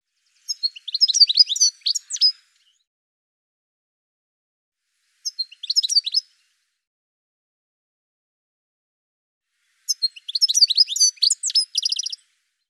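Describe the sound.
Bird giving high, rapid twittering phrases of chirps and trills in three short bursts separated by silence.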